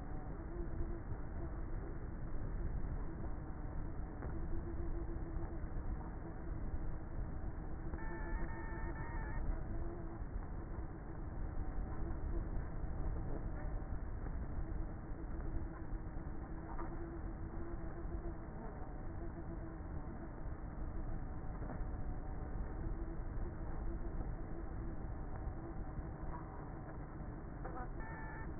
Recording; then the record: honeybee colony, microphone inside the hive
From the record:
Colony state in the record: queenless with a low population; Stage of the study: before two queens were removed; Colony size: about 30,000 bees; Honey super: no